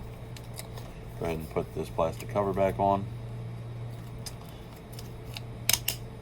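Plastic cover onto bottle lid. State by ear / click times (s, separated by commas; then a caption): seated / 5.7 s, 5.9 s. A plastic cover is pushed back onto the lid assembly of a Cirkul Sip bottle so that it locks in place. Someone talks over a steady low hum. The cover seats with two sharp plastic clicks at 5.7 and 5.9 seconds.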